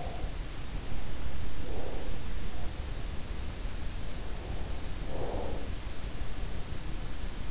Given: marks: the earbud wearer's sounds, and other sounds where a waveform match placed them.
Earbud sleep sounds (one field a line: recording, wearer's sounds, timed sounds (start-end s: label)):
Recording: sounds in sleep by an in-ear microphone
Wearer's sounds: breath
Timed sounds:
0.00-0.46 s: sound from someone else or the room
1.39-2.57 s: breath
3.91-6.06 s: breath